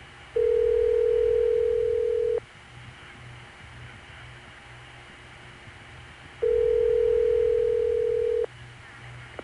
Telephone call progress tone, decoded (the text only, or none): ringback tone